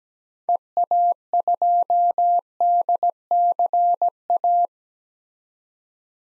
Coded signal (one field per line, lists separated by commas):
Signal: Morse code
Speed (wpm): 17 wpm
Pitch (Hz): 700 Hz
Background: none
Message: EA2DCA